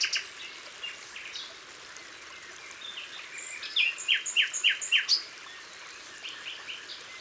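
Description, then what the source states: Common Nightingale song: faint twitters, then a loud series of several sharp notes, and quieter notes after. Recorded in Isère, France.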